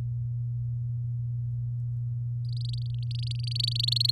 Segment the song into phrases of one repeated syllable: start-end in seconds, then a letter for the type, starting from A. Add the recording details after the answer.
2.44-4.11 A. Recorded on 10 May 2018 at 06:08. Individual llb16